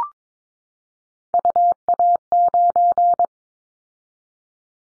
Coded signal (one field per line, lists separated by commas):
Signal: Morse code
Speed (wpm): 22 wpm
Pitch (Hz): 700 Hz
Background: none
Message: UA9